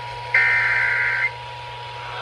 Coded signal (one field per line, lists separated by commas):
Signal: Emergency Alert System (SAME) tones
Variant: header bursts